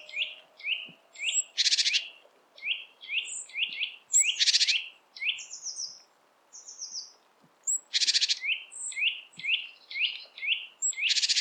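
Great tit calls: rapid short downslurred notes mixed with harsh, buzzy churring bursts, repeated irregularly throughout with brief pauses.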